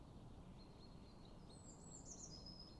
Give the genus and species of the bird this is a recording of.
Fringilla coelebs